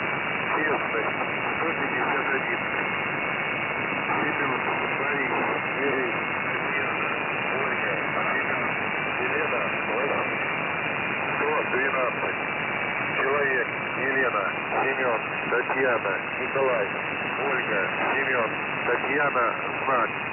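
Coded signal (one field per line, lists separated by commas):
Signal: coded military voice message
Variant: Squeaky Wheel, Russian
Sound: a man's voice steadily reading a coded message over hissy shortwave radio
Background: radio static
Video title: The Squeaky Wheel Voice Message July 1, 2021 05:24 UTC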